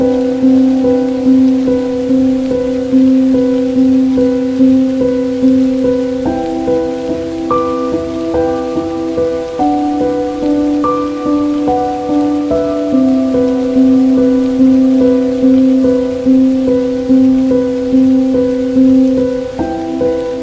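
Rain falls as a steady, even hiss beneath slow, sustained musical tones for a dark academia atmosphere. Low and middle notes hold for several seconds, shifting to new chords every few seconds, while a soft, regular pulsing in the loudness runs throughout.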